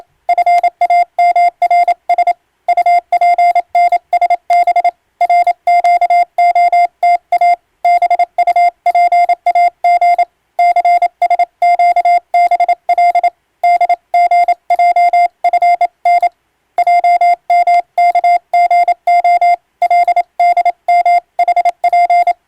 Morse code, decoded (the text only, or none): FAMRS UPNSB RQOTA BUPAG CSQBL DGJFN JMKGO LDMHP